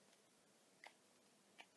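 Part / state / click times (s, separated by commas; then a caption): lip balm cap on its container / not seated / none. A plastic lip balm cap, or its twist locking mechanism, is closed onto its container and only reaches a snug point of friction. Faint, brief ticks sound at about 0.8, 1.6 and 1.8 seconds over a low steady hiss. The cap never clicks into place.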